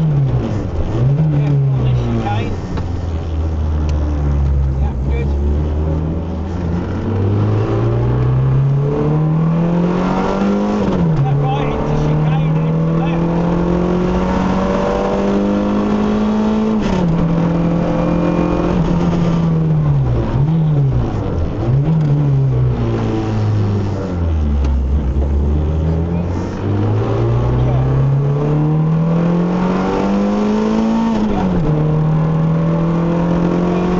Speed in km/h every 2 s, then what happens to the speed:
31, 21, 26, 40, 63, 74, 90, 103, 109, 79, 42, 24, 29, 45, 66, 77, 90.
0-3 slows to 21. 3-16 speeds up to 109. 16-22 brakes to 24. 23-34 speeds up to 90.